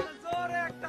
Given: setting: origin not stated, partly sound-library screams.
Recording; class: one-second piece from a danger detection set; normal situation